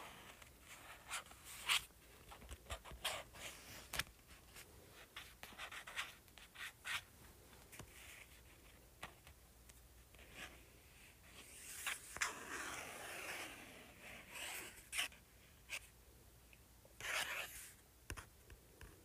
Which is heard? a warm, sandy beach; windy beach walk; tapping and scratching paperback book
tapping and scratching paperback book